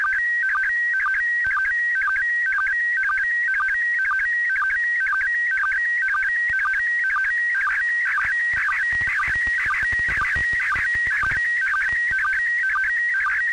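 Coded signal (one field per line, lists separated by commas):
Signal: SSTV (slow-scan television)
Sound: warbling tone hopping between two pitches with rapid regular low chirps throughout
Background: radio static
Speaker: let's go ahead and look at the next transmission I receive and again I'm going to leave the entire transmission in the video with unedited audio so if you want to go ahead load up MMS STV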